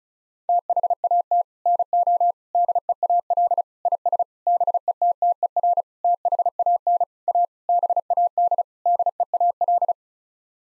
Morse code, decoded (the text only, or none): THAT NO DEAL IS BETTER THAN A BAD DEAL